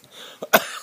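A short, acted adult cough: a brief catch, then one sharp, loud burst.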